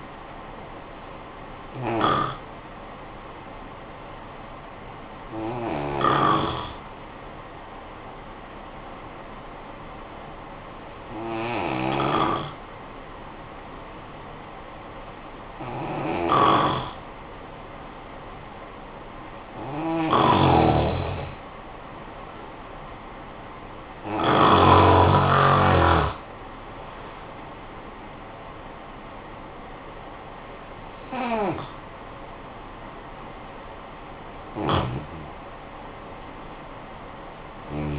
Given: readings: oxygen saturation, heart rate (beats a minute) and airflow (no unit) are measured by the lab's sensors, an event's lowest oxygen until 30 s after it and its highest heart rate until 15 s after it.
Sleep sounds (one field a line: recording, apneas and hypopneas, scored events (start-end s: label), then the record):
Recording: breathing in sleep by a voice recorder at the bedside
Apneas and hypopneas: 1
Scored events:
3.00-17.90 s: hypopnea (N1, oxygen 92% highest, then 88% lowest, heart rate 59 at the start, 64 highest)
6.00-37.99 s: new sleep stage, N2 (light sleep)
From the record:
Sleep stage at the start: N1 (lightest sleep)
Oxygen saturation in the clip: 88 to 94%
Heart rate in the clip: 53 to 69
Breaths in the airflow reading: 8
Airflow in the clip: -11.0 to 8.3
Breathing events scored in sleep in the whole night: 445 in 7.6 hours asleep